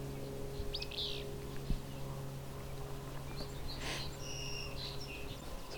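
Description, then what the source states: Willow flycatcher song: a sharp, sneezy upslurred phrase early on, followed by a brief noisy burst and a thin steady whistle, with a low constant hum beneath. Whip-pew song, also rendered fitz-pew, the only practical way to tell it from the near-identical alder flycatcher; meadow sanctuary just east of Hamilton, Ontario, Canada, 31 May 2020.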